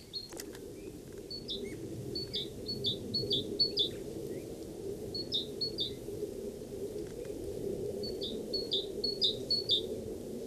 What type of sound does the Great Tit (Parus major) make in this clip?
song